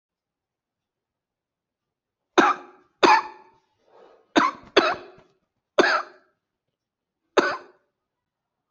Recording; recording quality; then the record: shallow voluntary cough; excellent, no background noise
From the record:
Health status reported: respiratory illness, not identified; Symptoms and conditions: asthma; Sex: male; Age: 45 years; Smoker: not ticked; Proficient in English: yes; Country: India